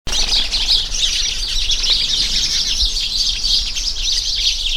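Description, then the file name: House sparrows in a dense, continuous chorus of high chirps and twitters, many birds calling at once, with a steady low rumble underneath. "Passer domesticus"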